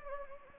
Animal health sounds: mosquito wingbeat signal from an infrared sensor; Anopheles gambiae

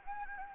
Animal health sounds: mosquito wingbeat signal from an infrared sensor; Anopheles gambiae

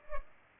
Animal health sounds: mosquito wingbeat signal from an infrared sensor; Culex pipiens

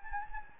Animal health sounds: mosquito wingbeat signal from an infrared sensor; Anopheles gambiae

